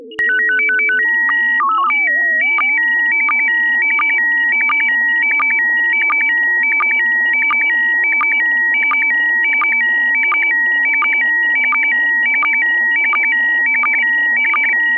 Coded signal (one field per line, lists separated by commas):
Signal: SSTV (slow-scan television)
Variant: PD 90